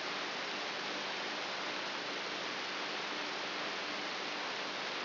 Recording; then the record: brain microelectrode recording played as sound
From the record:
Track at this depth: inside the subthalamic nucleus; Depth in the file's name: 2.44 mm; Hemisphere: right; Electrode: 3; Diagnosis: Parkinson's disease